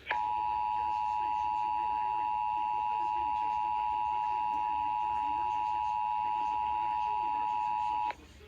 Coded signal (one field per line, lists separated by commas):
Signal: Emergency Alert System (SAME) tones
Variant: 853 and 960 Hz attention tone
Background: speech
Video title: September 2020 Fredericksburg RMTs(EAS 174-177)